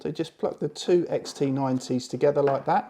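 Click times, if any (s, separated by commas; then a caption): none. Someone talks while pushing a male XT90 plastic connector toward the female XT90 plastic connector on the charging cable of a PowerOak (Bluetti) AC200P 2000Wh power station. Speech fills the clip with only faint handling noise, and nothing has seated or clicked yet.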